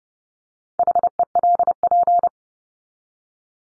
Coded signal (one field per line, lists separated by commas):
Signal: Morse code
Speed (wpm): 30 wpm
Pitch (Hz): 700 Hz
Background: none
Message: HELP